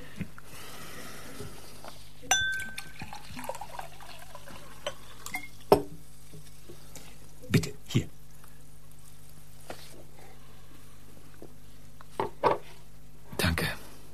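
Water is poured into a glass amid scattered sharp clinks and knocks of glassware being handled, a handful of brief, bright taps spread over the quiet stretch with no talking.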